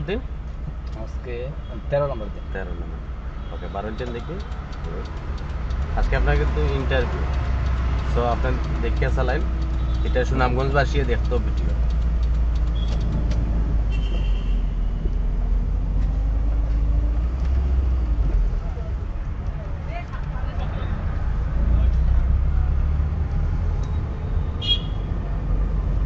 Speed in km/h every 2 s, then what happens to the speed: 0, 0, 0, 0, 1, 2, 5, 10, 13, 11, 12, 18, 22.
0-9 standing. 9-15 pulls away to 13. 15-20 steady at about 12. 20-26 speeds up to 22.